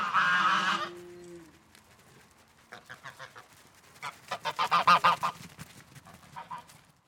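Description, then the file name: Goose: geese honking: a loud harsh honk at the start, a lull, then runs of rapid short honks that fade at the end. Geese honking and moving around the yard. "sound ex machina Gooses honking and moving around the yard"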